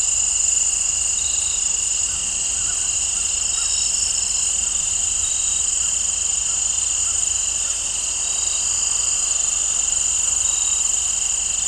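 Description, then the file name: Crickets chirping in a dense, steady chorus of high, shrill trills, with faint short notes repeating regularly through it. Crickets in an open field; nature ambience. "Crickets and Birds In an Open Field"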